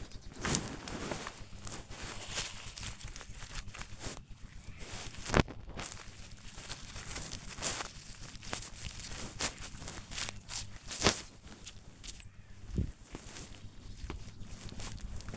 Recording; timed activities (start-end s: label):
household activities, microphone on the right wrist
0.00-15.37 s: working in the garden